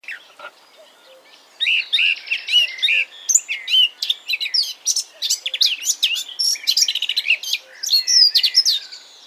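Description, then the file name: Eurasian blackcap song: a soft, scratchy opening, then a sustained, loud, rambling warble of varied whistles, chatters and clear fluty notes. "Sylvia atricapilla"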